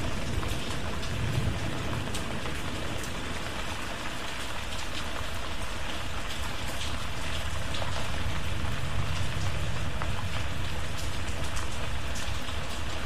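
Steady rain falls in a dense, even hiss that holds at the same level for the whole stretch, with a low rumbling undertone beneath it. Scattered brighter ticks of drops hitting a surface come and go, and there is a faint vehicle-like drone.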